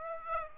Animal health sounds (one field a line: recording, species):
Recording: mosquito wingbeat signal from an infrared sensor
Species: Aedes aegypti